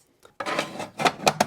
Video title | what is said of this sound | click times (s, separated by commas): Meet the new SBC Linux Cluster King! | Kind of pops into place here. | 1.3 s, 1.4 s